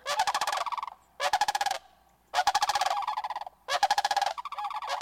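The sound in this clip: Sandhill crane calls: loud, rolling, rattled bugles in four bursts a little over a second apart, each a rapid pulsed trill rich in harmonics.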